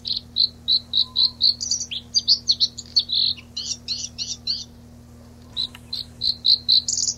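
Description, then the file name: Bluethroat song: a series of high ringing notes repeated steadily, then a varied chattering, buzzy section, then the ringing notes again, over a steady low hum. Recorded on 26 April 1992. "26 04 92 Lsvecica"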